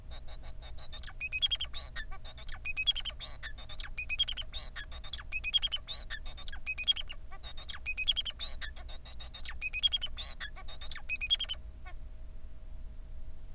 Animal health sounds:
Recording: song of a male Bengalese finch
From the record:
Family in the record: son of father 4

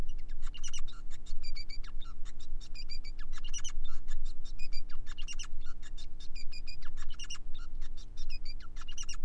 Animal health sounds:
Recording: song of a male Bengalese finch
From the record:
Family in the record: son of father 5

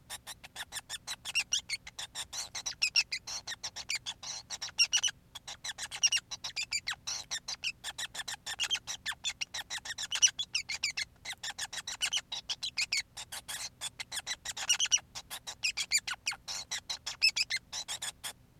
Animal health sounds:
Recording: song of a male Bengalese finch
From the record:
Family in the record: son of father 5

